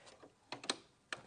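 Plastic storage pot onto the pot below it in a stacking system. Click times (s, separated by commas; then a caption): 0.7 s, 1.1 s. A plastic craft storage pot is stacked onto the pot below it in a stacking system and pressed down; it already sits snugly before its fastening locks. Short sharp clicks sound at about 0.5 and 0.6 seconds, then the lock clicks at 0.7 and 1.1 seconds. The pot is seated and locked in place.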